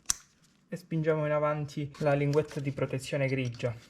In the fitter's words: jusqu'à ce qu'il s'enclenche et